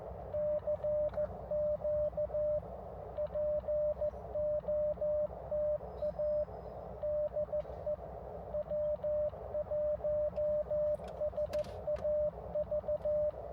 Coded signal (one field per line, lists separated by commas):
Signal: Morse code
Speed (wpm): 14 wpm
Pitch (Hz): 590 Hz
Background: radio noise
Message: CQ POTA DE W1SAV